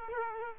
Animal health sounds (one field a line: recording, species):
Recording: mosquito wingbeat signal from an infrared sensor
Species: Culex quinquefasciatus